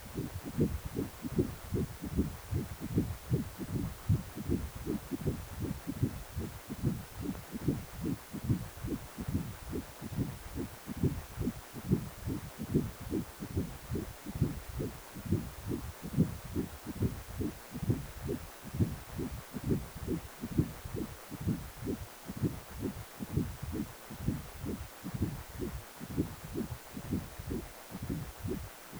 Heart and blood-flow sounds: Doppler ultrasound of blood flow; precordium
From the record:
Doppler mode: continuous wave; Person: healthy adult, 18 to 50 years, no heart murmur, not diving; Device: 2.5 MHz transducer

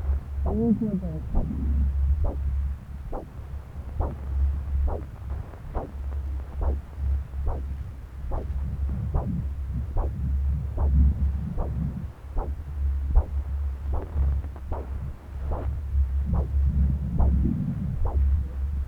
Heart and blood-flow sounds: Doppler ultrasound of blood flow; left subclavian vein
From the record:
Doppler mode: continuous wave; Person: adult scuba diver, at rest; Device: O'Dive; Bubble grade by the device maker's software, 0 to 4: 0

